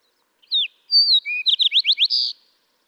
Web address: birdsongforthecurious songs Fox Sparrow